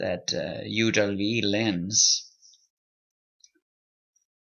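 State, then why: Seated. Someone talks while an acrylic facial lens is worked down into the holder groove on a UWE Lotus tanning bed canopy. After the talking stops, a sharp, short click at 3.4 s marks the lens seating in the groove, followed by a faint tick at 4.2 s.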